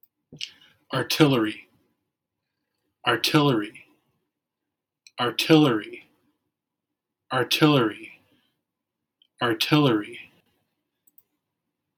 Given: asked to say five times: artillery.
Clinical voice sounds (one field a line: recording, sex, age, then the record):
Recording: repeated word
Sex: male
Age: 30 to 39 years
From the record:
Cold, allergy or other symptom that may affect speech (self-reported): no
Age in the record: 36 years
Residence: Minnesota, United States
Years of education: 16